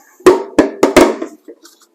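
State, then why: Not seated. A plastic plant pod with small locking tabs is handled over its cup holder in a Click & Grow indoor garden tray, giving four sharp plastic knocks at about 0.3, 0.6, 0.8 and 1.0 s, a fainter tap near 1.2 s, and soft rustles after. The pod has not yet locked into the cup holder; nothing has seated or clicked yet.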